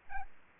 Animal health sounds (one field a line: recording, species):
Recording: mosquito wingbeat signal from an infrared sensor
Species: Aedes albopictus